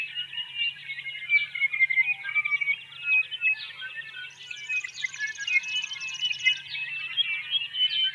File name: Tawny-Crowned Honeyeaters